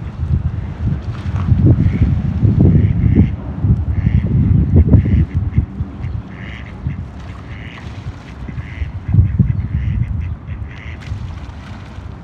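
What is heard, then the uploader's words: Birds call across the water on a canal walk, with short bright calls repeating every second or so throughout. Beneath them runs a steady low rumble with louder surges near the start and again around nine seconds, possibly a passing boat. A Walk on the Canal. The bird symphony that seemed to be skipping across the water.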